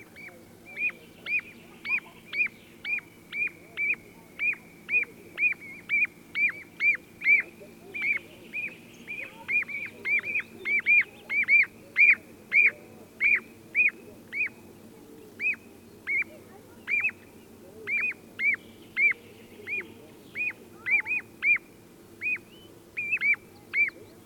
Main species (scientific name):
Charadrius hiaticula